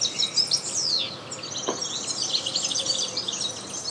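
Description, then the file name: European goldfinch singing rapid, bright twitters and downslurred whistles, with a single sharp click partway through. "Carduelis carduelis"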